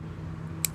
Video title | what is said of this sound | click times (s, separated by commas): Ask the BMXPERT! How to use a chain breaker. | everything you guys heard that little click that means it popped through appears through now we're gold | 0.7 s